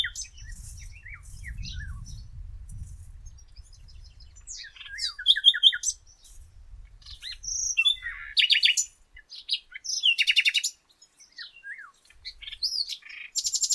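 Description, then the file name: Common nightingale singing scattered, varied phrases of chirps and whistles, broken by short, rapid rattling trills, with a low rumble underneath in the first seconds. "Luscinia megarhynchos"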